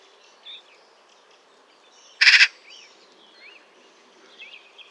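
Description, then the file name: Eurasian magpie giving one short, harsh rasping call, with faint whistles of other birds in the background. "Pica pica"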